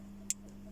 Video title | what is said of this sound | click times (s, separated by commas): Test et review - Sharps Mle 4A Bulldog Four Barrel Deringer & Cartouches H&C Collection .32 RF | c'est bien verrouillé bon j'espère qu'il va pas se rouvrir | 0.3 s